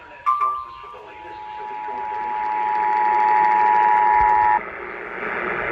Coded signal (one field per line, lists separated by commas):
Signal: Emergency Alert System (SAME) tones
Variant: 853 and 960 Hz attention tone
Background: speech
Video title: EAS #82 Severe Thunderstorm Warning On WBAP-AM